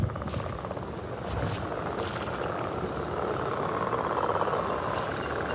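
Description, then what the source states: Leopard frog chorus, rapid pulsed snoring trains throughout over steady engine noise. Mating chorus during the annual mating rituals in a wetland, Cooper Marsh Conservation Area near the village of Lancaster.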